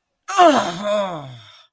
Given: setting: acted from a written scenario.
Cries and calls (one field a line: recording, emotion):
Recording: vocal sound without words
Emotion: pain